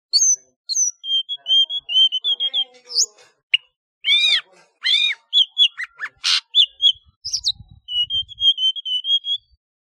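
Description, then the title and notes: High whistled flycatcher song with sliding notes and sharp chirps, broken by short buzzy bursts, continuing almost without pause. "Kicau Burung Sikatan"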